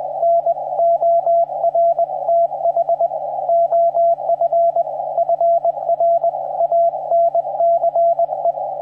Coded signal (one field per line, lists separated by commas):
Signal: Morse code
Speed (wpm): 21 wpm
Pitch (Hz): 680 Hz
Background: radio noise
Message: NORTH OF FRANCE